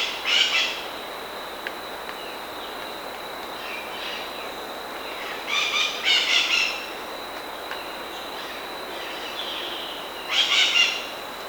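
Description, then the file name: Bird calls, three rough buzzy chattering bursts spread far apart, with faint ticks between and a steady high tone throughout. "SABIOD 50 bird 2015"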